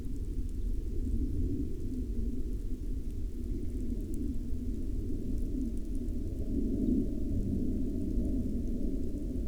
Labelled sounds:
songbird, grouse or ptarmigan, rain, aircraft
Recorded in the Prudhoe Bay oil fields, Alaska, on 10 June 2019 at 12:02
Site 16

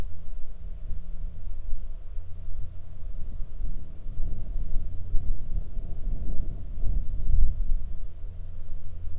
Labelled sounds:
wind, aircraft
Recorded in the Arctic National Wildlife Refuge, Alaska, on 6 July 2019 at 16:15
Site 40

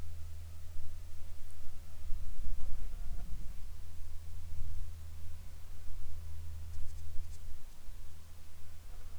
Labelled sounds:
aircraft, insects
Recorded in the Arctic National Wildlife Refuge, Alaska, on 7 July 2019 at 19:24
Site 41

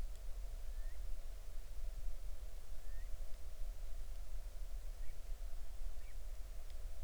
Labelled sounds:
bird, rain
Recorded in the Arctic National Wildlife Refuge, Alaska, on 20 July 2019 at 03:26
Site 38

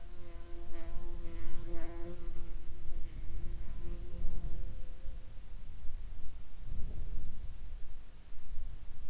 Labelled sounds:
insects
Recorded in the Arctic National Wildlife Refuge, Alaska, on 24 July 2021 at 09:31
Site 41

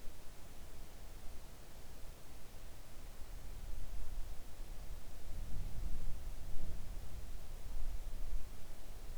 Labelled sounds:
near silence
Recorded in the Arctic National Wildlife Refuge, Alaska, on 3 August 2019 at 05:23
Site 41

